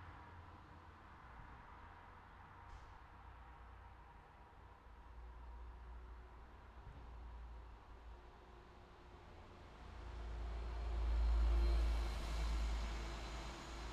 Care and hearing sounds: everyday scene through a hearing-aid microphone; in traffic; traffic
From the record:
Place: city secondary road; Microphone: in the ear canal, left

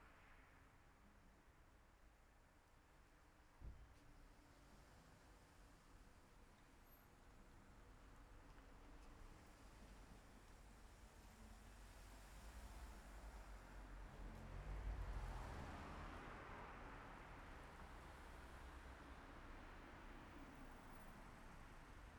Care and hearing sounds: everyday scene through a hearing-aid microphone; in traffic; traffic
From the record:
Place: city secondary road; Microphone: behind the ear, left, front

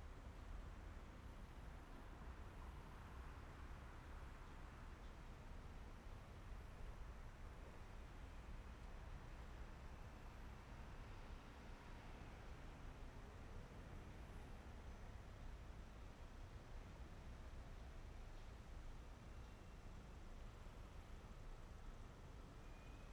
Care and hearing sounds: everyday scene through a hearing-aid microphone; in traffic; traffic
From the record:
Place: main city hub, rush hour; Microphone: behind the ear, right, rear

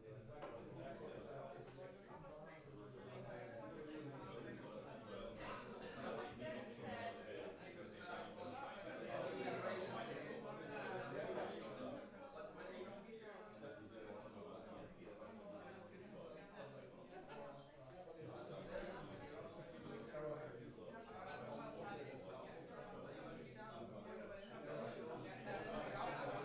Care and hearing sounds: everyday scene through a hearing-aid microphone; many people talking; many voices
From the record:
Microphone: behind the ear, left, rear

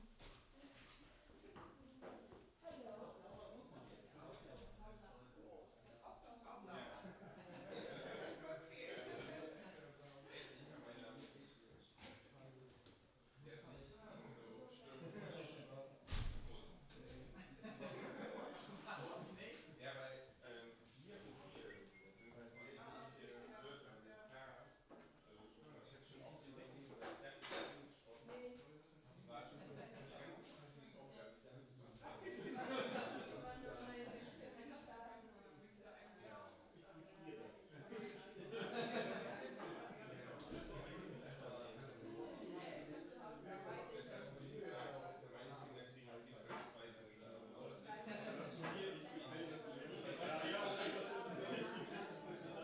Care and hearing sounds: everyday scene through a hearing-aid microphone; many people talking; many voices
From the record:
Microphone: in the ear canal, left

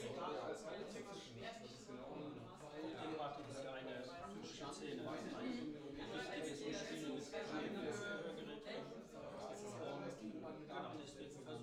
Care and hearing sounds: everyday scene through a hearing-aid microphone; many people talking; many voices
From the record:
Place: bistro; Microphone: in the ear canal, left

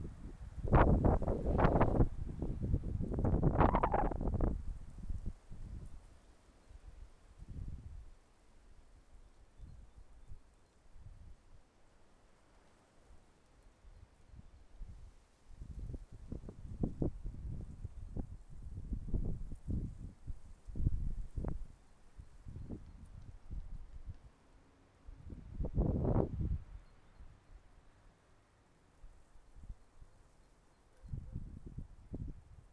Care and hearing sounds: everyday scene through a hearing-aid microphone; wind on the microphone; wind, traffic, birds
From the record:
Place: suburban garden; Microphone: behind the ear, left, rear

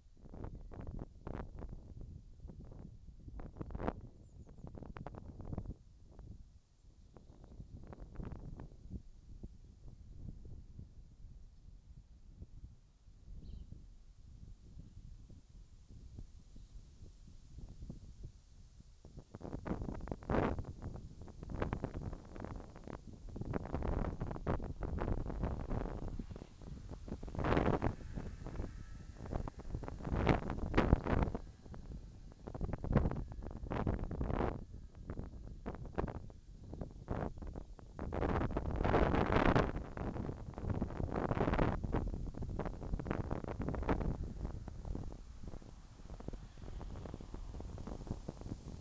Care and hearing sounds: everyday scene through a hearing-aid microphone; wind on the microphone; wind, whistling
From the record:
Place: in front of a rural house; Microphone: in the ear canal, left

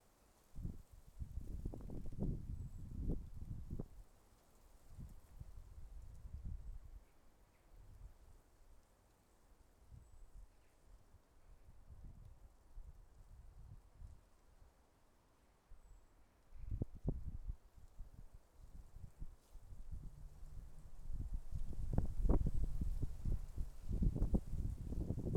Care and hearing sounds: everyday scene through a hearing-aid microphone; wind on the microphone; wind, traffic, birds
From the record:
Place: suburban garden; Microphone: behind the ear, left, front

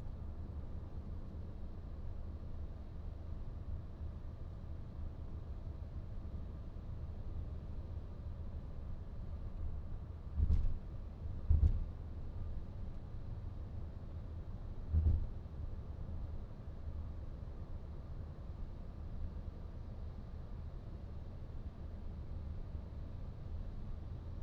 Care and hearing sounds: everyday scene through a hearing-aid microphone; in a vehicle; engine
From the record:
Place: VW T5 Caravelle, diesel engine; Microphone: in the ear canal, right

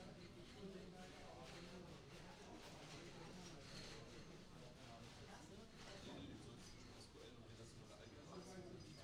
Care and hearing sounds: everyday scene through a hearing-aid microphone; many people talking; many voices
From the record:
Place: university cafeteria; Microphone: in the ear canal, right

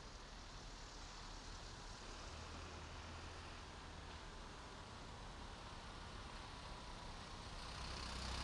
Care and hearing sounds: everyday scene through a hearing-aid microphone; in traffic; traffic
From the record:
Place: main road on the outskirts, rush hour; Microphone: in the ear canal, right

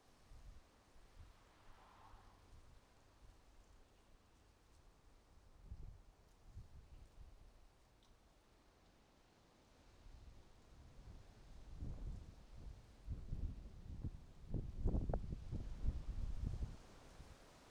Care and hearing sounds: everyday scene through a hearing-aid microphone; wind on the microphone; wind, traffic, birds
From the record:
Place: suburban garden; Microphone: in the ear canal, right

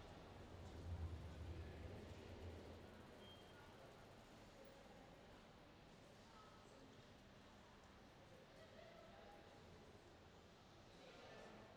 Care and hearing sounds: everyday scene through a hearing-aid microphone; reverberant space; background noise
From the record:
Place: railway station hall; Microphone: in the ear canal, left

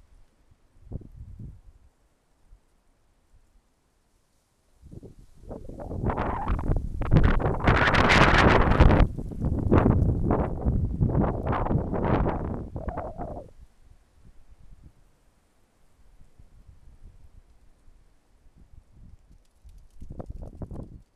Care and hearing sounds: everyday scene through a hearing-aid microphone; wind on the microphone; wind, traffic, birds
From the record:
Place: suburban garden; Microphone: behind the ear, left, rear

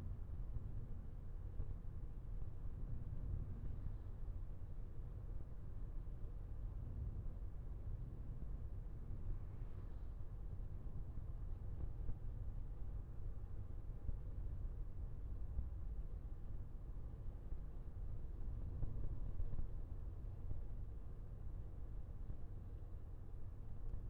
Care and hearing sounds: everyday scene through a hearing-aid microphone; in a vehicle; engine, traffic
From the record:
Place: Skoda Fabia, gasoline engine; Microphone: behind the ear, left, front

